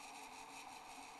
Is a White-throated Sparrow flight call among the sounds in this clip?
no